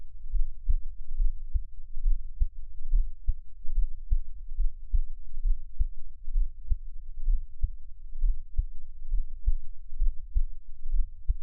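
Steady low thumping heartbeat at about 70 beats a minute, heard close up with a faint hum.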